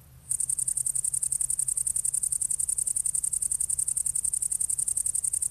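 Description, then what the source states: Speckled bush-cricket song: rapid, very high-pitched ticking pulses repeated steadily after a brief quiet start. Heard in Kirkkonummi at the eastern edge of its range; occurs in a very small area on Åland, the south-western archipelago and the coast, hardly east of Espoo; falls silent as autumn comes.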